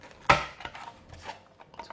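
An RC boat's battery pack, a Syma Q7, is pressed into its plastic retaining clip inside the hull. A sharp plastic snap is heard at 0.3 s, followed by a few faint, small knocks. The battery pack is seated and secure.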